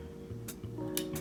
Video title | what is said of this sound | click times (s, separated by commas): Zing You BM8000 Unboxing Review | a tight click and there you go | 1.0 s